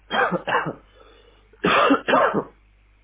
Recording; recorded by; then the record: voluntary cough; telephone call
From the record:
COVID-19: negative